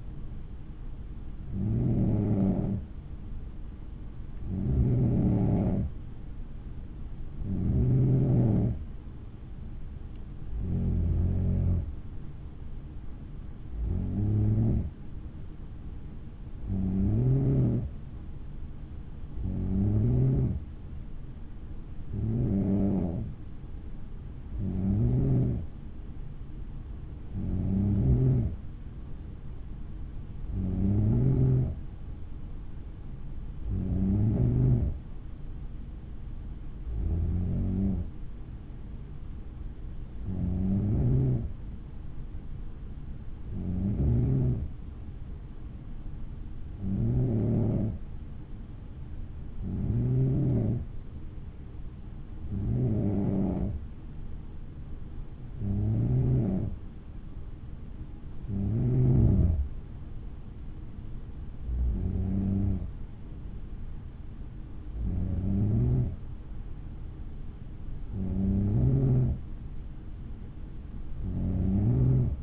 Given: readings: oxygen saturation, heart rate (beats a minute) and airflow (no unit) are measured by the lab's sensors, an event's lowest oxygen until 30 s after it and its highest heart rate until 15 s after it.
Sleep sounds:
breathing in sleep by a smartphone at the bedside; none
none scored
From the record:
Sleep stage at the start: N3 (deep sleep); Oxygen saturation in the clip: 92 to 94%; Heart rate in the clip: 56 to 61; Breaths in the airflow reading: 24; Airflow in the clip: -7.2 to 5.6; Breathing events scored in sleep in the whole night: 216 in 7.0 hours asleep

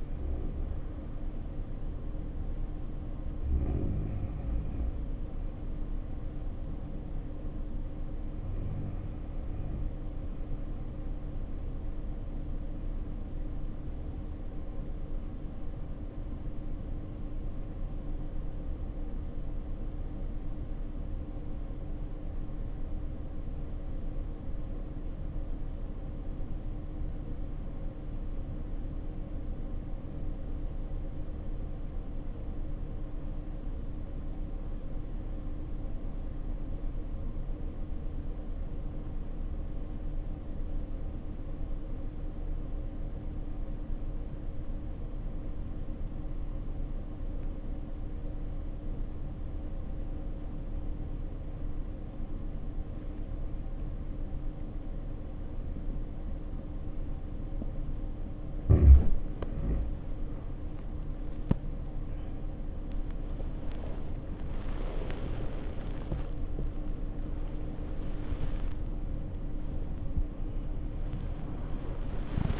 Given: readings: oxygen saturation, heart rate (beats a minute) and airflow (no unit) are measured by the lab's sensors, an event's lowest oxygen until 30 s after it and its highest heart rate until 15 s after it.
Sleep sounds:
breathing in sleep by a smartphone at the bedside; 1
13.00-63.10 s: hypopnea (N1, oxygen 96% highest, then 72% lowest, heart rate 60 at the start, 86 highest)
14.00-72.60 s: new sleep stage, REM sleep
From the record:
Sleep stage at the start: N1 (lightest sleep); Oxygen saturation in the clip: 70 to 96%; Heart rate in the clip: 56 to 86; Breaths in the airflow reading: 6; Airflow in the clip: -8.6 to 10.5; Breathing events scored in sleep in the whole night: 520 in 7.2 hours asleep

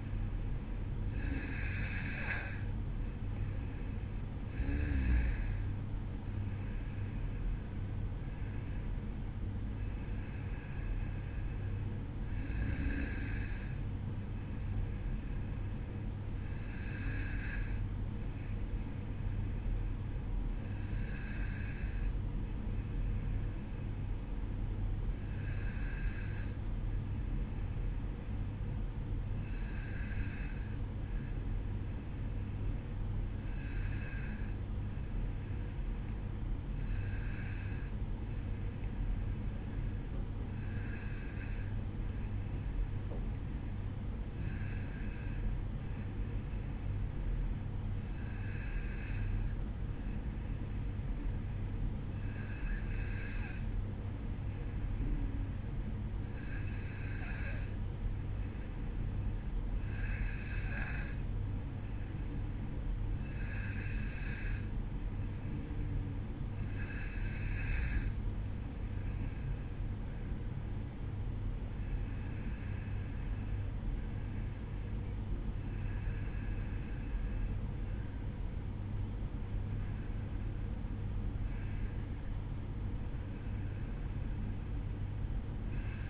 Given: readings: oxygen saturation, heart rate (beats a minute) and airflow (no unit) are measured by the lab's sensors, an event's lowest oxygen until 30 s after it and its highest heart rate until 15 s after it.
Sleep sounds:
breathing in sleep by a smartphone at the bedside; 1
10.00-40.00 s: new sleep stage, N1 (lightest sleep)
29.00-67.10 s: hypopnea (N1, oxygen 94% highest, then 93% lowest, heart rate 53 at the start, 56 highest)
40.00-70.00 s: new sleep stage, N2 (light sleep)
70.00-86.10 s: new sleep stage, N1 (lightest sleep)
From the record:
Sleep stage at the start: N2 (light sleep); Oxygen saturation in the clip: 93 to 94%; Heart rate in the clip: 52 to 56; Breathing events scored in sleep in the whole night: 305 in 9.6 hours asleep

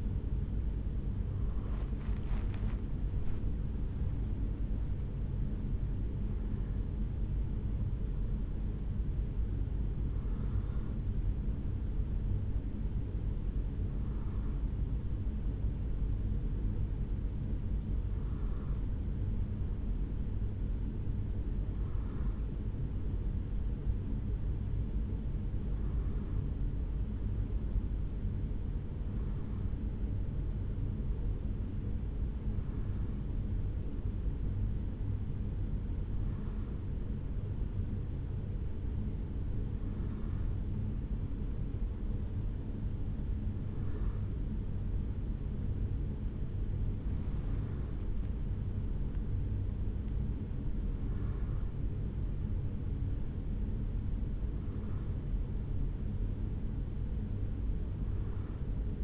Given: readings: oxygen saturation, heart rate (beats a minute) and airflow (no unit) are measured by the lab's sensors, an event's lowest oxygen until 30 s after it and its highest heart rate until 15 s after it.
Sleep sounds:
a person awake in a sleep study, by a smartphone at the bedside; none
0.00-59.03 s: awake
From the record:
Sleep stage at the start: awake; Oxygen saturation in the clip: 92 to 94%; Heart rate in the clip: 68 to 72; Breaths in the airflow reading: 18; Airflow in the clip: -4.3 to 6.7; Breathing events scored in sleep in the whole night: 449 in 7.0 hours asleep

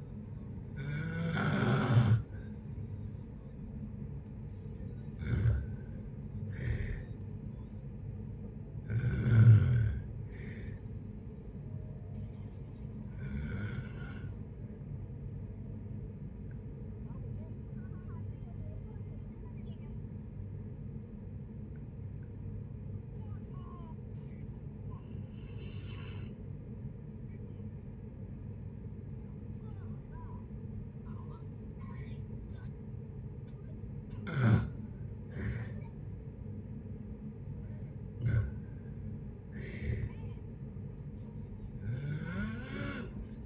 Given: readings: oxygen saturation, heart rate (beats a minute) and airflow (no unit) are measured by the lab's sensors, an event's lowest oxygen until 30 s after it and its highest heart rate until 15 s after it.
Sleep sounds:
a person awake in a sleep study, by a smartphone at the bedside; none
0.00-43.46 s: awake
0.00-43.46 s: awake
From the record:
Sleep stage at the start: awake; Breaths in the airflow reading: 16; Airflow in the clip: -0.7 to 0.7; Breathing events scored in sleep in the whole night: 496 in 5.4 hours asleep

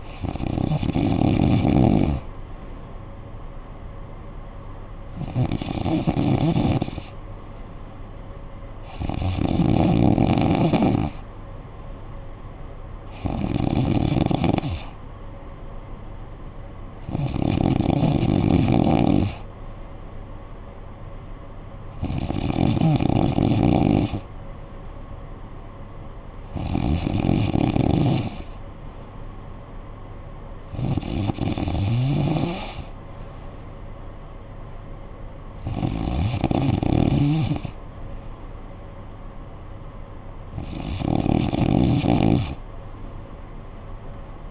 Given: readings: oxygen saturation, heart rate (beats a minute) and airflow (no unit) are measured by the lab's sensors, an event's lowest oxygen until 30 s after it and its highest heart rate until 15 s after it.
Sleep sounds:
breathing in sleep by a smartphone at the bedside; none
none scored
From the record:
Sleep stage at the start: N2 (light sleep); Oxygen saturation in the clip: 92 to 95%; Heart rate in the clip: 55 to 62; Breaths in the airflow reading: 10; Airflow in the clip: -8.9 to 5.6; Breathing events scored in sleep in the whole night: 445 in 7.6 hours asleep

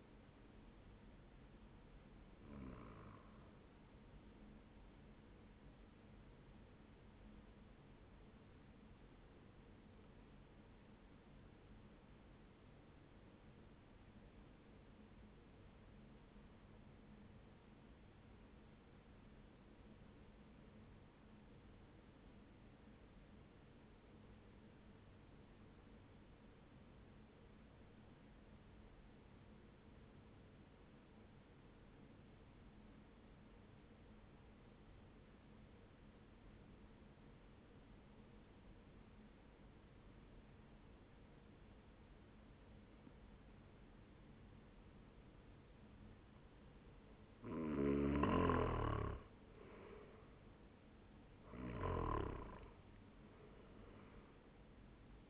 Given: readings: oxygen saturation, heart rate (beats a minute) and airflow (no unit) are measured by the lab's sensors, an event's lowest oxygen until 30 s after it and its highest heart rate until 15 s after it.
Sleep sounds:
breathing in sleep by a voice recorder at the bedside; 1
10.00-50.60 s: hypopnea (N1, oxygen 96% highest, then 90% lowest, heart rate 67 at the start, 83 highest)
From the record:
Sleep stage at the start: N1 (lightest sleep); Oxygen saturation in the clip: 93 to 96%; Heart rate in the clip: 66 to 83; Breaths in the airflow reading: 5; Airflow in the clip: -8.5 to 10.1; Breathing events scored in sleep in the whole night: 131 in 7.2 hours asleep

